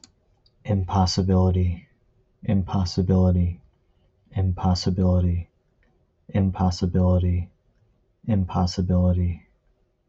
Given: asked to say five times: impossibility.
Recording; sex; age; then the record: repeated word; male; 20 to 29 years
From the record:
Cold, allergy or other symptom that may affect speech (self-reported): no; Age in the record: 28 years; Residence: New York, United States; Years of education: 12